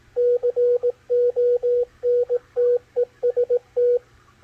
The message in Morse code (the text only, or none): CONTEST